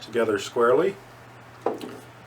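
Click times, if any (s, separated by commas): 1.7 s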